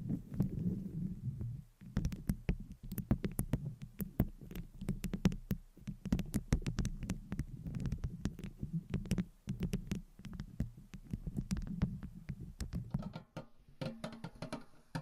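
Tapping and scratching run nearly the whole way through, with sharp taps landing every fraction of a second over a steady low, thudding rumble. The taps come in irregular clusters, with a brief pause near two seconds. After thirteen seconds a brighter, rougher scratching takes over.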